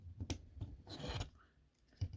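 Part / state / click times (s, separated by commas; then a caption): plastic tab into slot on a transforming action figure / seated / 0.3 s. A plastic tab on the arm section of a Transformers Studio Series 86 Deluxe Class Bonecrusher action figure is pushed into its slot during transformation, snapping into place with a sharp click at 0.3 s. Scraping and rubbing of plastic parts follows around 0.9 to 1.25 s, and a fainter tap comes at about 2.0 s. The tab is confirmed seated.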